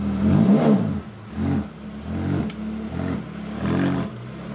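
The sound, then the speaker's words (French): A Ferrari sports car engine revs in a series of roughly five throaty bursts, each rising and falling in pitch over a steady low idle, loud and with no voices. “Le moteur d'une Ferrari a une musique unique, disent les vrais amateurs.”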